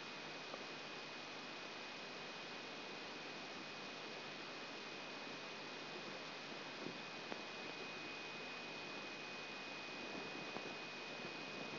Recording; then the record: brain microelectrode recording played as sound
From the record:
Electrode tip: outside the subthalamic nucleus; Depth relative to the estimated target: -4 mm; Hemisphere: left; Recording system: AlphaMap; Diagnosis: Parkinson's disease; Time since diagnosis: 7 years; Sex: female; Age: 56 years